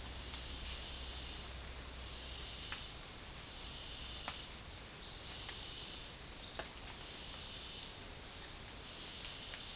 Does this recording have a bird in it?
no